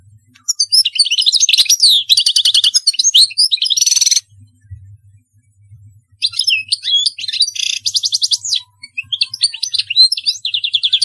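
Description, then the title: European goldfinch pouring out a quick, varied twitter of bright chirps and buzzy trills, pausing about two seconds midway before resuming. "Chant Chardonneret"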